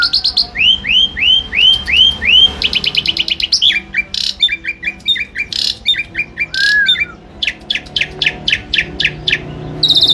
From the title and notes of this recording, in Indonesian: Jalak Suren Gacor. Suara burung.